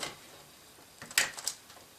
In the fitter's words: don't know if you heard it snap in there but it snapped in real nice and of course it has a tab on there